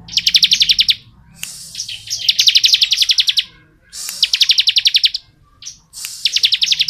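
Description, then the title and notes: Bar-winged prinia song of fast, buzzy, metallic trills coming in four bursts, each separated by a brief gap. Ngebren song style, used as tutor audio for white-rumped shamas. "Ciblek Ngebren Untuk Masteran Murai Batu. Suara Nada"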